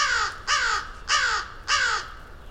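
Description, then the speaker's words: Crow calls, four loud rasping caws, each drawn out and slightly falling, evenly spaced. A rookery of crows calling deep in the woods at Mud Pond, a nature refuge in Vermont, in early spring. "As I moved deeper into the woods, a rookery of crows began to call."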